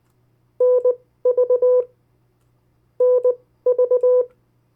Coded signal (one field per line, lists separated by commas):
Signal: Morse code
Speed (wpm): 19 wpm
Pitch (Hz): 500 Hz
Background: none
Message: NV NV